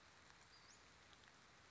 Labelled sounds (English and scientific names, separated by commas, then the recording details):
Western Flycatcher (Empidonax difficilis)
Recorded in Sonoma County, California